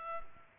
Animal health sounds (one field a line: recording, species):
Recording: mosquito wingbeat signal from an infrared sensor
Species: Culex pipiens